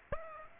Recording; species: mosquito wingbeat signal from an infrared sensor; Aedes aegypti